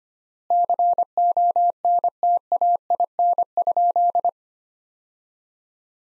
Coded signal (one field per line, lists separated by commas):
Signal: Morse code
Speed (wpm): 25 wpm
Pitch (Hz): 700 Hz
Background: none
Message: CONTAIN?